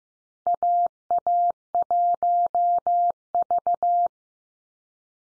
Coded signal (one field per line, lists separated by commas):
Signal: Morse code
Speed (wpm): 15 wpm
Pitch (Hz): 700 Hz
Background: none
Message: AA1V